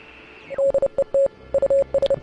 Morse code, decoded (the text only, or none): DET US